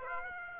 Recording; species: mosquito wingbeat signal from an infrared sensor; Aedes aegypti